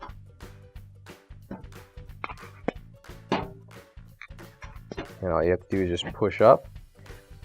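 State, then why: Not seated. A ceramic surface burner igniter (electrode) on a Whirlpool gas range, part WPW10278150, is being pushed up into a new metal electrode mounting clip by hand. Someone talks over soft music while short, sharp handling ticks come through. Nothing has seated or clicked yet.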